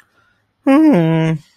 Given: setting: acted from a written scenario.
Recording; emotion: vocal sound without words; sadness